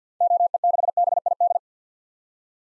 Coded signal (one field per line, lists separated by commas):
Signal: Morse code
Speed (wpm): 50 wpm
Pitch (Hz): 700 Hz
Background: none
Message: OE6BID